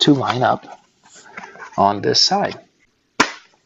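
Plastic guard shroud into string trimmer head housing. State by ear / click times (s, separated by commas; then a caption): seated / 3.2 s. Someone talks while pressing the plastic guard shroud onto the plastic housing of a Teccpo 20 Volt 2Ah lithium-ion string grass trimmer head, working the second locating tab into line. At 3.2 s, a sharp, loud click rings out as the tab snaps into place and the guard seats in the housing.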